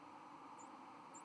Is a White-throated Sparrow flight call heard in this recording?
no